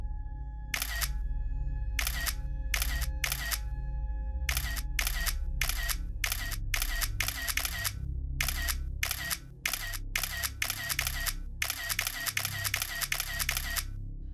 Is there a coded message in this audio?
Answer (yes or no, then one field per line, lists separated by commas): no